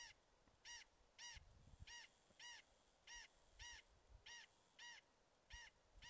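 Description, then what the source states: Corn crake giving its harsh, rasping crex call over and over at a steady rhythm, against faint low background noise. Recorded 30 May 2020.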